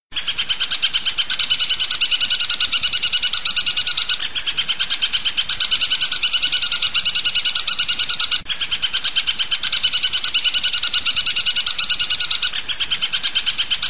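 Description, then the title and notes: Long-tailed shrike song: rapid, grating chatter repeated continuously, with brief breaks around four and eight and a half seconds before the same pattern resumes. Tembakan song style, variation 5; master recording for tutoring songbirds. "Suara Burung Cendet Tembakan Variasi 5. Masteran Burung Cendet"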